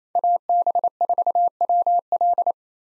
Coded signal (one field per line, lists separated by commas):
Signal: Morse code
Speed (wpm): 28 wpm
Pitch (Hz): 700 Hz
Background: none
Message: AB4WL